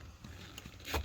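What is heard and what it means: A push-to-connect plumbing fitting is pushed onto a faucet supply pipe and gives a short, sharp click at 0.6 s, the first of the two clicks it needs. The fitting is only partly on, and the second click has not come yet. A broader rustle of handling rises near the end of the clip.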